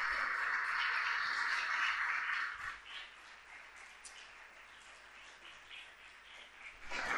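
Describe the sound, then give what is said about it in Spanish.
An audience applauds, as a greeting sent to all the people of Río Turbio, in a dense, sustained wash of clapping that is loudest for the first couple of seconds, then settles into a steady, slightly softer patter that continues to the end. “¡Acá el aplauso para todo Río Turbio!”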